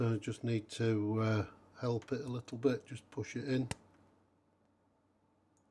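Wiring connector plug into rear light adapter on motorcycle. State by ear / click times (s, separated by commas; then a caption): not seated / none. A plastic wiring connector plug is helped by hand into the rear light adapter on a BMW R1300 GS motorcycle while someone talks, followed by a short sharp sound near 3.7 s and then near silence. The plug has not seated or clicked yet.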